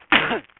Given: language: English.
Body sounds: throat vibration sensor signal played as sound; cough

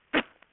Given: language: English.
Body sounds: throat vibration sensor signal played as sound; cough

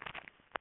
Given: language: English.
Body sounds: throat vibration sensor signal played as sound; swallow

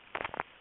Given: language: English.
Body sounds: throat vibration sensor signal played as sound; swallow

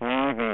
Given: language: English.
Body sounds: throat vibration sensor signal played as sound; speech

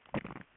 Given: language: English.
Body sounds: throat vibration sensor signal played as sound; swallow

